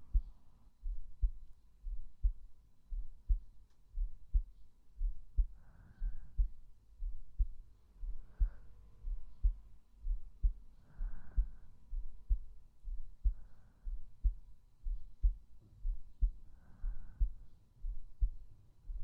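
Steady low heart thumps at about 60 a minute, picked up by a microphone held on an adult woman's chest over the heart, with occasional faint rustling; a normal heartbeat.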